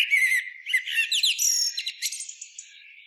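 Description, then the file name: Common blackbird song: a warbled phrase already under way, mellow whistles rising into a jumble of shrill chirps that fade out. "Turdus merula"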